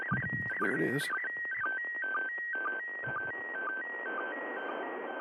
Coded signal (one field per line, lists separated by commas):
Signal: SSTV (slow-scan television)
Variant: PD 120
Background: speech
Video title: Live ISS SSTV